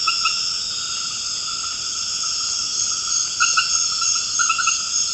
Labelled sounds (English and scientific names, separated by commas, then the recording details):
none
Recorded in dense forest near Puerto Asís, Putumayo, Colombia, on 24 March 2025 at 20:00
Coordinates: 0.481, -76.323
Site G088